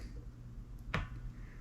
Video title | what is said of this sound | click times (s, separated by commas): Ibanez Jem Jr. Review | The two rear screws were tight. You'll hear it pop. | 0.9 s